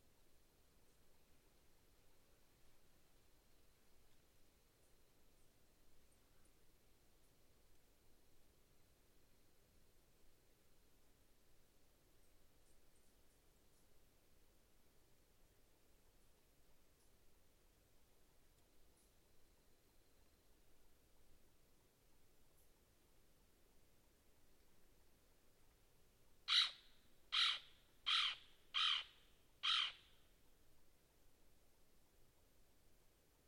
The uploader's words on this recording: Deeply Quiet Night In The Outback. The deepest quiet I have ever experience in my life was on this cool night in Mungo National Park. My microphones were out about a kilometer away in a small pocket of Mallee woodland where a few sounds could still be heard.